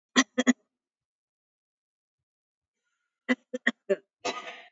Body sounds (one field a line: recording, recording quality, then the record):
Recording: heavy voluntary cough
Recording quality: excellent, no background noise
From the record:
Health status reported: COVID-19 positive, mild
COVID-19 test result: positive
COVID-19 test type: RT-PCR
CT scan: taken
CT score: 5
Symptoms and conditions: fatigue, muscle pain, hypertension, diabetes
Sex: female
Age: 65 years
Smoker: no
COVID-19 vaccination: one dose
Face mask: not worn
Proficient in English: yes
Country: India